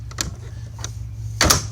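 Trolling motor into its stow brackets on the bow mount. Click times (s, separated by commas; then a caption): 1.4 s, 1.5 s. A trolling motor on the bow mount of a Ranger 620T boat is rolled over and stowed into its two stow brackets, with faint mechanical clicks at 0.1, 0.2 and 0.8 seconds over a steady low hum. A sharp, loud click at 1.4 seconds and a second hit at 1.5 seconds mark the motor seating in the brackets.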